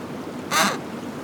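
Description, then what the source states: Penguin giving a single brief, harsh, brassy squawk over a soft background hiss. Recorded at Brown Bluff, Antarctica.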